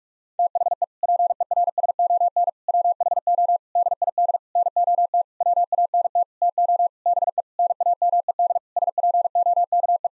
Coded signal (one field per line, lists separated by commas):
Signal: Morse code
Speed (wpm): 46 wpm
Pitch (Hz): 700 Hz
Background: none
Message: THE PERSON WHO DID NOT WANT TO BE NAMED SPOKE